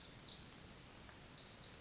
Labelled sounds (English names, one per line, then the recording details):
Pacific Wren
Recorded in Sonoma County, California